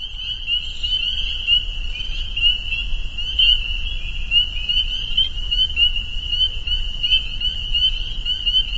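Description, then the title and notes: Dense chorus of spring peepers, high piping peeps packed together into an unbroken shrill tone, with some low-pitched rumbling noise beneath. Chorus at a pond on private property in northern Vermont, recorded as a soundscape. "Peepers. a soundscape recorded at the peeper pond on our friends' property in northern Vermont"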